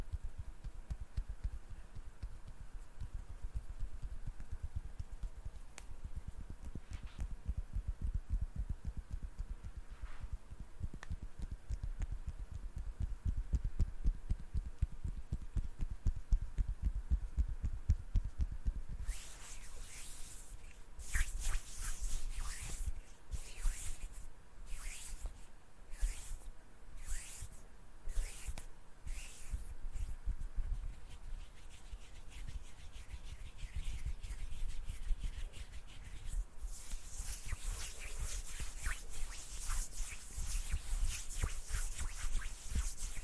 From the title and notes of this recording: ASMR HAND SOUNDS NO TALKING,INTENSE HAND SOUNDS ASMR NO TALKING. ASMR HAND MOVEMENTS.